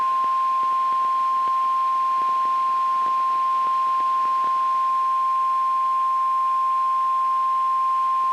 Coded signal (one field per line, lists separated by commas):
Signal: Emergency Alert System (SAME) tones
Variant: 1050 Hz attention tone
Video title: NOAA Weather Radio - Weekly EAS Test - 1/24/18